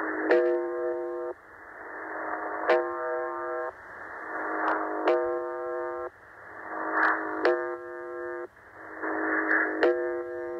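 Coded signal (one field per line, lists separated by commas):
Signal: channel marker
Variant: UVB-76 (The Buzzer)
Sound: harsh low buzz about a second long, repeating roughly every 2.4 seconds, with hiss between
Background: radio static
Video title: The Buzzer 4625khz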